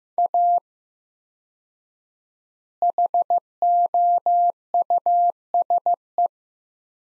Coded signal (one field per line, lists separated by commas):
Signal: Morse code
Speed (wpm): 15 wpm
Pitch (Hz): 700 Hz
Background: none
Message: A HOUSE